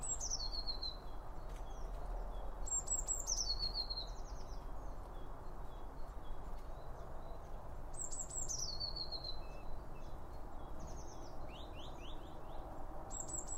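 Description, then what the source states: Bird song, high descending whistles with trilled endings repeated several times, plus short rising chirps later, over low background noise. Several birds around a bird feeder, recorded with two OM 1 microphones from Line Audio.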